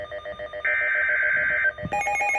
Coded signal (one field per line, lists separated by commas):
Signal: Emergency Alert System (SAME) tones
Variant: header bursts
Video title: (EAS 31-32) hurricane warnings ￼ (hurricane ian)￼